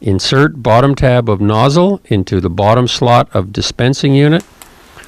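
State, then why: Not seated. Someone talks while the bottom tab of a spray foam nozzle is inserted into the bottom slot of a Rivenco two-component polyurethane spray insulation foam dispensing gun unit, with the plastic top latch not yet pushed toward the back of the unit. No snap is heard, and nothing has seated or clicked yet.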